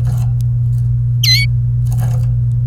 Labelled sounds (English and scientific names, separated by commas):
Domestic Canary (Serinus canaria) song